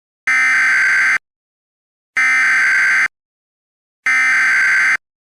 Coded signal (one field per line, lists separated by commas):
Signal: Emergency Alert System (SAME) tones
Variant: header bursts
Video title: thirty years: an EAS scenario